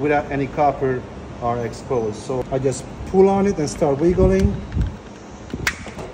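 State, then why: Released. Someone talks while pulling on and wiggling a plastic forklift battery connector to separate it from its mating charger connector. After some muffled rattling, a loud sharp hit at 5.7 s marks the two halves coming apart, and the connector is released.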